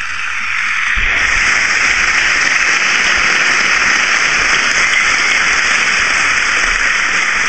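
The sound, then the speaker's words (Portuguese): Sustained applause from a crowd starts abruptly after a brief quiet moment, a dense, loud crackle of many hands clapping at once, steady and continuous without any voices over it. “Palmas em cadeia ou o quê?”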